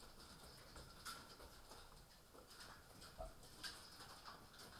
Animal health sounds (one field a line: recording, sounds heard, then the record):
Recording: poultry house recording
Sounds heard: healthy chickens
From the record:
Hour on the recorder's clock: 18